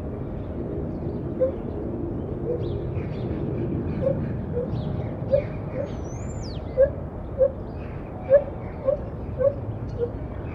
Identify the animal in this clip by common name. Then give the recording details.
Lar Gibbon. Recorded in captivity. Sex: male. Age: adult. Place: Tierpark Berlin, Berlin, DE. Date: 1976-11-20. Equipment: Uher 4200 Report Stereo, Verstärker, Sennheiser MD 421. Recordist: Tembrock, Günter